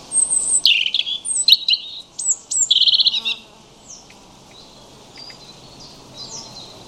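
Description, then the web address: European robin song: a rich, tumbling phrase of high whistles, sharp upslurs and a buzzy trill, then faint, thin notes fading away. "Deverinetal 2025 File origin Bird Only Er Ru"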